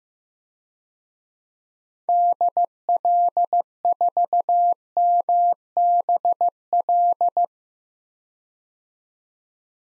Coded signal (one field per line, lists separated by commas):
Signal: Morse code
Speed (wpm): 15 wpm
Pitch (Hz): 700 Hz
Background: none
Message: DL4MBL